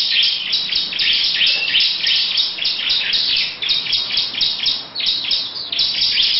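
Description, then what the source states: Lovebird chatter of rapid, grating chirps in a steady stream, with a couple of brief dips. Long "ngekek panjang" song.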